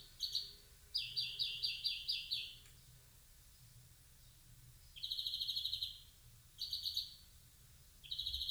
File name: Chloris chloris